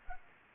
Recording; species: mosquito wingbeat signal from an infrared sensor; Anopheles arabiensis